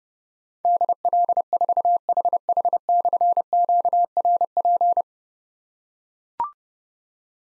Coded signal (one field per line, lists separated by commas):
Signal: Morse code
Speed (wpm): 30 wpm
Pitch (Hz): 700 Hz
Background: none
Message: DL4HH/QRP